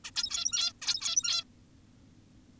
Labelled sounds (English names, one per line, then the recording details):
Zebra Finch
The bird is an adult
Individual g17y2U